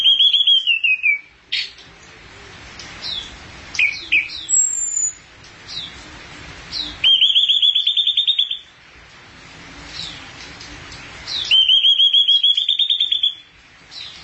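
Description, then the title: Thrush song with a few long rapid whistled trills, with sharp chips between. "burung anis x"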